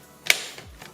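The plastic wand tube of a Miko V10 stick vacuum is fitted into the vacuum body. A sharp click at 0.3 s is followed by a faint tap near 0.9 s. The parts snap together and are seated.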